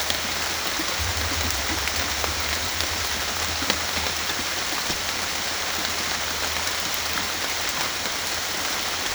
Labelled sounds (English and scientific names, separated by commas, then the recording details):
none
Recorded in dense forest near Puerto Asís, Putumayo, Colombia, on 22 December 2024 at 18:00
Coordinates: 0.484, -76.325
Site G056